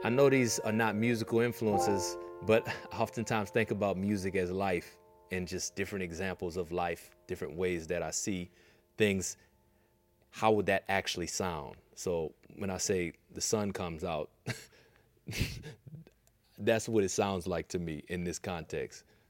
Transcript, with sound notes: I know these are not musical influences, but I oftentimes think about music as life and just different examples of life, different ways that I see things - how would that actually sound? So when I say the sun comes out, (laughter) that's what it sounds like to me in this context.